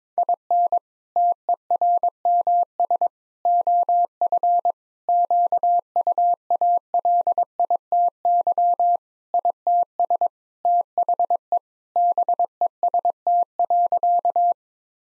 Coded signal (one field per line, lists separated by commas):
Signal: Morse code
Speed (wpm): 22 wpm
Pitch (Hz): 700 Hz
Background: none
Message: IN TERMS OF QUALITY ITS THE BEST.